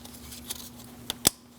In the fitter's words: Make sure you hear that click.